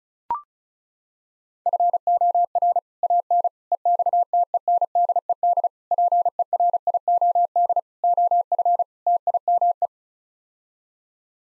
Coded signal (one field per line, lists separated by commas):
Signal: Morse code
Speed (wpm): 36 wpm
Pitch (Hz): 700 Hz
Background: none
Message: FOR AN EXTENDED PERIOD OF TIME